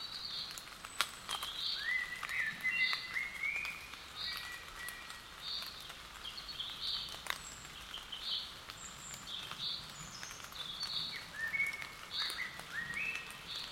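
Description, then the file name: Common blackbird call notes: a few slurred whistles rising and falling, with repeated high clipped ticks and faint background patter. "Turdus merula"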